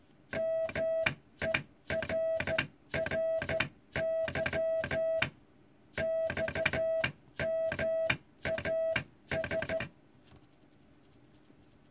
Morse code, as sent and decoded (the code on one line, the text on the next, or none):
-- . .-. .-. -.-- / -..- -- .- ...
MERRY XMAS